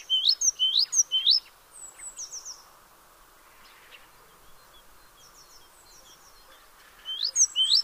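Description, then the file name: Great tit: short runs of sharp high notes at the start and end, with faint thin chirps and steady background hiss between. "Parus major"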